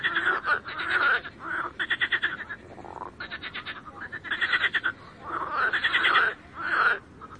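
Frogs croak in overlapping groups, rapid rattling bursts mixed with nasal calls, brief gaps between.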